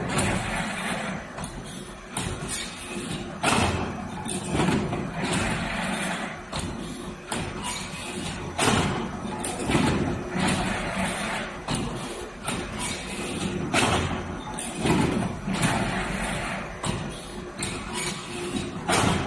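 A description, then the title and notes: A PVC-coated hanger making machine runs with a dense, continuous mechanical clatter, punctuated by sharp knocks and thuds every second or so. A faint steady tone sits underneath, and the level stays fairly even throughout. PVC-coated hanger making machine.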